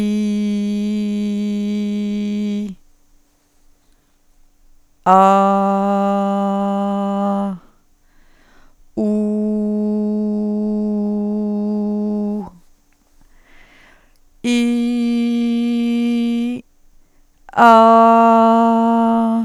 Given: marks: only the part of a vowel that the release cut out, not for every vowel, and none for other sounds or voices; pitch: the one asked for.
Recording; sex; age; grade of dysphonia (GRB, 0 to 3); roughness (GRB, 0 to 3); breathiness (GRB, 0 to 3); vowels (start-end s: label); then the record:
sustained vowels; female; 60 to 69 years; 0; 0; 0
0.00-1.23 s: vowel /i/, normal pitch
5.21-7.11 s: vowel /a/, normal pitch
10.09-12.04 s: vowel /u/, normal pitch
14.81-15.98 s: vowel /i/, high pitch
17.85-19.28 s: vowel /a/, high pitch
From the record:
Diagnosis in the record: healthy voice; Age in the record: 62 years